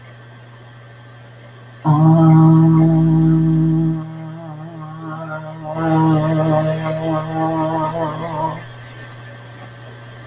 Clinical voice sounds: vowel held as long as possible; female; 50 to 59 years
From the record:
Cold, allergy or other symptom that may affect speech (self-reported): no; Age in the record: 57 years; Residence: Arizona, United States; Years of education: 15

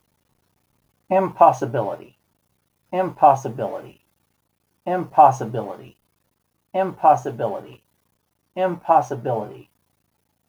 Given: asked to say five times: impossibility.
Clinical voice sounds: repeated word; male; 50 to 59 years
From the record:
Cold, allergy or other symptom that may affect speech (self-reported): no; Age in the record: 57 years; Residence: Virginia, United States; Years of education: 17

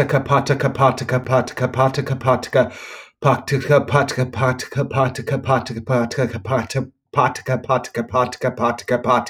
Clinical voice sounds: repeated syllables /pa ta ka/; male; 30 to 39 years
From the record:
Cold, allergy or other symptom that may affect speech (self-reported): no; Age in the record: 32 years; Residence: Minnesota, United States

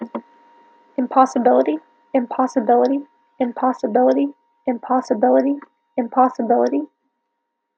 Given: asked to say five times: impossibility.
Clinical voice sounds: repeated word; female; 20 to 29 years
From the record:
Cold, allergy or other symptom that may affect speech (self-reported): no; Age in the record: 24 years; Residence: Florida, United States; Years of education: 16

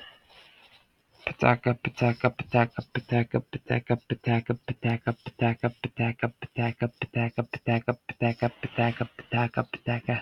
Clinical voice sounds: repeated syllables /pa ta ka/; male; 30 to 39 years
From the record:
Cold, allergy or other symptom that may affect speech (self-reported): no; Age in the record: 32 years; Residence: Washington, United States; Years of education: 13

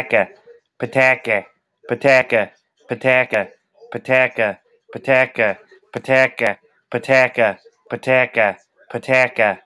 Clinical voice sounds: repeated syllables /pa ta ka/; male; 30 to 39 years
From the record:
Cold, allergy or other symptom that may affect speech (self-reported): no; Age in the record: 32 years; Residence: Rhode Island, United States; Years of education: 16

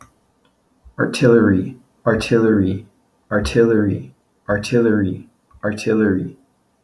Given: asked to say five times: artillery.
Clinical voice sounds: repeated word; male; 40 to 49 years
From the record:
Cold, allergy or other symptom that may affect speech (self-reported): no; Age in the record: 43 years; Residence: Hawaii, United States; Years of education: 18

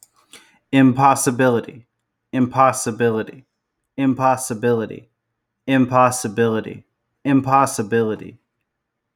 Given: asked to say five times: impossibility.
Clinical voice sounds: repeated word; male; 20 to 29 years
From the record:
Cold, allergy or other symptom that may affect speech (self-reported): no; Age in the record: 27 years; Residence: South Carolina, United States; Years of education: 13

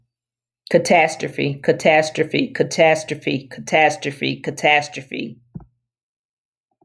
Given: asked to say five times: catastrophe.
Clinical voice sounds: repeated word; female; 40 to 49 years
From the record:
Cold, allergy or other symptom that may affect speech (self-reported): no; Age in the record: 40 years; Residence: North Carolina, United States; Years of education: 15

